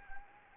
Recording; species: mosquito wingbeat signal from an infrared sensor; Anopheles arabiensis